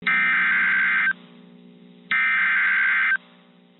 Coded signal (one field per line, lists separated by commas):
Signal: Emergency Alert System (SAME) tones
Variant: header bursts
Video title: Severe Thunderstorm Warning (1/8/26) [EAS #354]